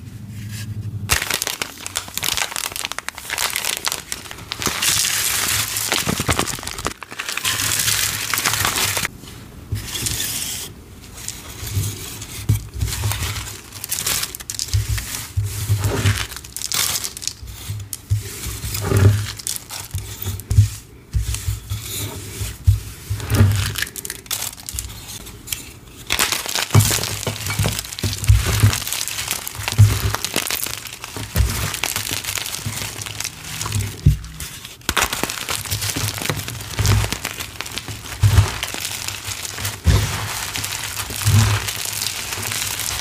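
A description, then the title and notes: Confetti is crushed and crumpled, a dense, crinkly rustle that runs almost without pause for the whole stretch. The crackle is bright and papery, with brief gaps near 7, 21 and 35 seconds and soft low thumps of handling underneath. 18 Mins of Prep + Confetti Crushes!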